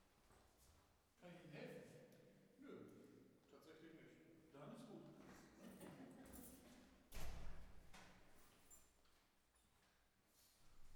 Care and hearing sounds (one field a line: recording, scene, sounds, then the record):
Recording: everyday scene through a hearing-aid microphone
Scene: reverberant space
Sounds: speech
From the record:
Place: staircase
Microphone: behind the ear, right, rear